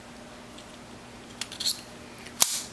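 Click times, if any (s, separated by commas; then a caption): 2.4 s. A folding gut hook on a Leatherman Steens fixed-blade hunting knife, an S30V stainless steel knife with a 3 3/4 in blade and a bone saw, is swung out of the handle after its release button is pressed. Faint metallic clicks and rattles come at about 1.4 s and 1.5 s, then a sharp metallic click at 2.4 s as the gut hook locks open into place.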